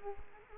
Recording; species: mosquito wingbeat signal from an infrared sensor; Culex quinquefasciatus